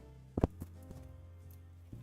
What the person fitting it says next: There it is. I heard the snap.